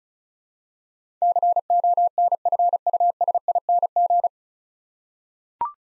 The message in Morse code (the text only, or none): CONFUSING